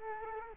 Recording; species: mosquito wingbeat signal from an infrared sensor; Culex quinquefasciatus